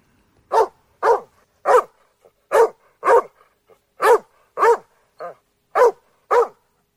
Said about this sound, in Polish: Setter irlandzki.